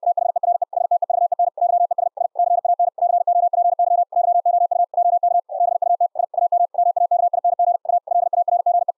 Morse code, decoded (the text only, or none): THERE STEVEN YES I CAN COPY YOU OK BUT I AM MAKING A LARGE